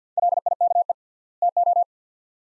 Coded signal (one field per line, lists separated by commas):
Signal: Morse code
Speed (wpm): 50 wpm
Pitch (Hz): 700 Hz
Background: none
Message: LIKE TO